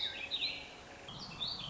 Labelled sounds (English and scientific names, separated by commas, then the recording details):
Warbling Vireo (Vireo gilvus)
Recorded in Sonoma County, California